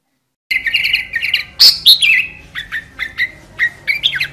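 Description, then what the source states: Sooty-headed bulbul song: a string of short chirping notes near the upper-middle range, with one loud sharp burst early, repeated several times a second with uneven spacing. Recording made for training other songbirds by imitation (masteran).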